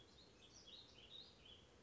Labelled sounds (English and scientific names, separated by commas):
Warbling Vireo (Vireo gilvus)